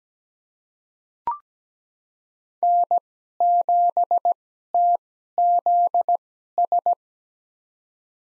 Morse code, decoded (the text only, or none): N7TZS